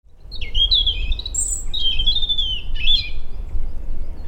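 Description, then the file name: European robin song: thin, high wavering whistles and a sharp sweeping note in quick succession, against a low rumbling background. "Erithacus rubecula"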